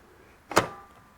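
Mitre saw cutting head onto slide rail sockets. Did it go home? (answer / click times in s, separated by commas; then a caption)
yes / 0.5 s, 0.6 s. The cutting head of an Evolution R185SMS-Li 18V cordless sliding mitre saw is slowly pushed onto the slide rail sockets. It clicks over the two nylon fittings at 0.5 s and 0.6 s, two sharp broadband snaps followed by a brief fading ring. The head is seated and holds solid when pulled on.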